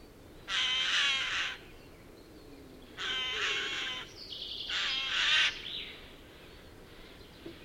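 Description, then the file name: Eurasian jay with three long, hoarse, rasping screeches about two seconds apart, a high whistle-like tone sounding faintly alongside the third. "Garrulus glandarius"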